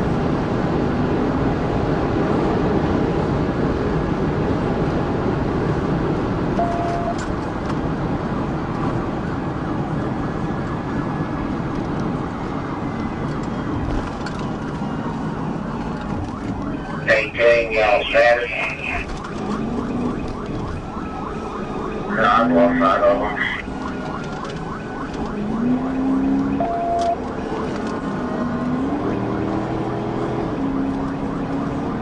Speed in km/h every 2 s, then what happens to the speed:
188, 187, 171, 163, 151, 137, 129, 118, 84, 85, 89, 95, 95, 113, 119, 130.
0-16 brakes to 84. 16-32 speeds up to 130.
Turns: none.